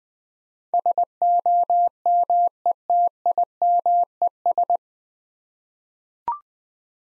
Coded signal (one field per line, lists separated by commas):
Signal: Morse code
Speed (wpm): 20 wpm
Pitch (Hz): 700 Hz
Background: none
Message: SOMETIMES